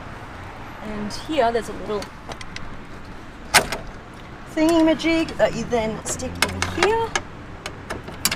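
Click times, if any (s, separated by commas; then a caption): 8.2 s. On a vintage car with its hood raised, a small hood support rod is stuck into its holder on the car body and pushed until it clicks into place at 8.3 s, leaving the hood stable. Someone talks over a low background hum, and a few light knocks come before the loud, sharp click.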